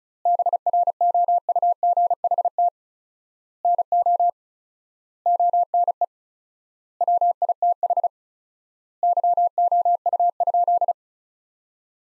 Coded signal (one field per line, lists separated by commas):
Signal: Morse code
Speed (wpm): 36 wpm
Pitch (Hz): 700 Hz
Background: none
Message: BROUGHT NO ONE WITH YOU?